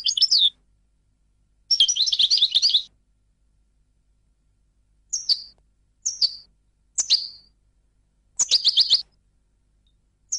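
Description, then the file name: European goldfinch giving scattered song bursts and single sharp downslurred notes, with a longer twittering run near two seconds and short phrases separated by pauses. "audio burung goldfinch"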